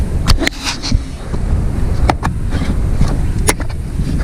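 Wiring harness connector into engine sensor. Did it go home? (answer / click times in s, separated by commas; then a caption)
yes / 0.3 s, 0.5 s, 2.1 s, 2.3 s. A wiring harness electrical connector is plugged onto a replacement sensor on a 3500 truck engine, producing several sharp hits at about 0.3, 0.5, 2.1 and 2.3 seconds over a steady low rumble. The connector seats and clicks in, though it is unclear which of these hits is the latch.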